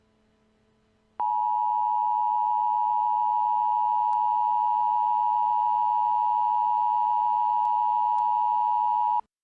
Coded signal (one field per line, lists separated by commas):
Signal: Emergency Alert System (SAME) tones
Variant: 853 and 960 Hz attention tone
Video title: EAS | The Attack IV